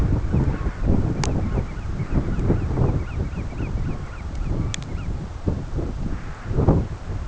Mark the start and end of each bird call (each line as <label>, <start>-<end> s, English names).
Bar-tailed Godwit, 0.25-0.89 s
Bar-tailed Godwit, 1.15-5.11 s